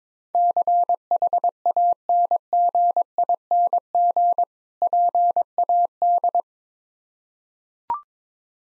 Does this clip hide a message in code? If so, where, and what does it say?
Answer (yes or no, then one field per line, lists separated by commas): yes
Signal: Morse code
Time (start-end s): 0.3-6.4 s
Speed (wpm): 21 wpm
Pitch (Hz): 700 Hz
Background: none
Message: CHANGING PAD